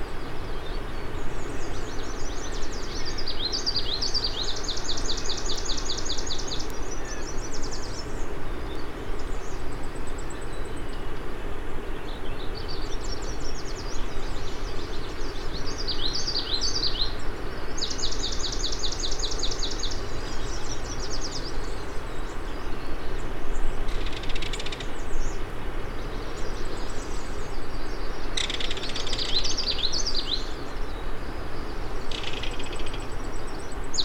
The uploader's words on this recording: It’s been an hour and a half since I started listening and watching the migrant songbirds along Crane River, and the peak of activity has yet to arrive.